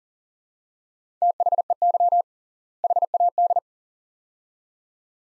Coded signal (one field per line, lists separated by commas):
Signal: Morse code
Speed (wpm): 37 wpm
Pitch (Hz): 700 Hz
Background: none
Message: THEY HAD